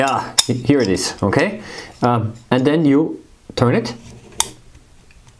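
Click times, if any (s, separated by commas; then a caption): 4.4 s. Someone talks while a T2 adapter ring or phototube adapter is twisted onto a camera's bayonet mount. A single sharp click rings out at 4.4 s as it locks into place, and the adapter is seated.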